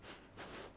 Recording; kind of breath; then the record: one breath in and out by a microphone near the nose and mouth; strong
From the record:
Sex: female